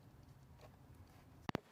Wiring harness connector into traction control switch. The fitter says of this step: so you will hear an audible click when you've gone far enough